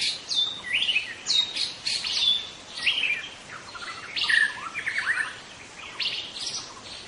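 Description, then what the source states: White-rumped shama delivering lively, varied song: high whistles, downslurred notes and rough squawks in quick succession. Wild white-rumped shama, called murai batu hutan, singing in forest.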